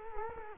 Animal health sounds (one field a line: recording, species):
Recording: mosquito wingbeat signal from an infrared sensor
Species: Culex quinquefasciatus